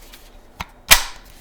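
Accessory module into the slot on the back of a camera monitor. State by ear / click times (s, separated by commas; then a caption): seated / 0.6 s. An accessory module is pushed into the slot on the back of an Atomos Ninja V camera monitor again, this time close to the microphone, and it gives one crisp latch click at 0.6 s. A louder, broadband handling knock follows at about 0.9 s and fades by about 1.2 s. The module is seated and installed correctly.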